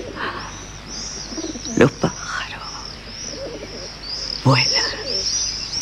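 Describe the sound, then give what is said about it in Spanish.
Birds chirp steadily in a bright, repeating high twitter, with soft low cooing underneath and a few sharp, brief bursts of sound breaking in. “Con los pájaros es como si saliera de su somnolencia, que es casi como la de un animal satisfecho.”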